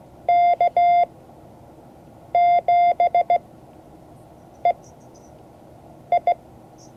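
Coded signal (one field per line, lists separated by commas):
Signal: Morse code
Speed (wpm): 17 wpm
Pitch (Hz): 700 Hz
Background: none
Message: K7EI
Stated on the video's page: Morse code class.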